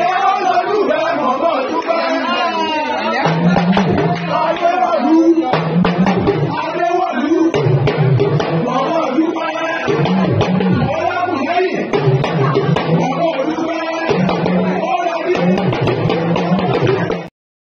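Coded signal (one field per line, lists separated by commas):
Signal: talking drum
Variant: Yoruba dùndún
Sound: talking drum strokes with bending pitch among other drums and chanting voices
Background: crowd singing, percussion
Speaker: you see that drum uh is our traditional talking drum okay when we say talking drum you need to listen to what the drum says and people repeating what he says is uh you know of giving the pl I mean sorry uh of a praise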